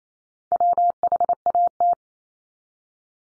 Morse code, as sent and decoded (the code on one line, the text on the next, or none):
.-- .... .- -
WHAT